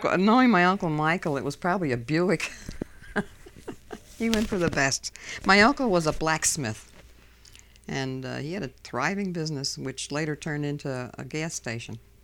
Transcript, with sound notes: Knowing my Uncle Michael, it was probably a Buick. ( she laughs ) He went for the best. My uncle was a blacksmith, and he had a thriving business, which later turned into a gas station,